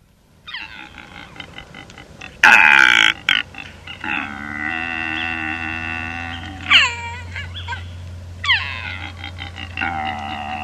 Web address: pere davids deer